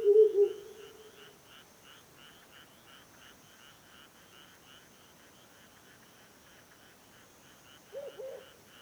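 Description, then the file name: Owl gives one low, drawn-out hoot that fades, then a short, softer note near the end, with a rhythmic frog or insect chorus throughout. "hukurou"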